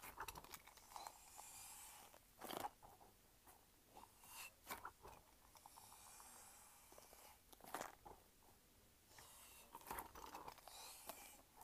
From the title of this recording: Squishing and Shaking a Light-Up Ball